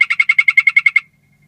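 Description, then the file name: Golden poison frog giving a short trill of about eleven quick, regular chirping pulses over one second, then stopping into near silence. "Phyllobates Terribilis calling"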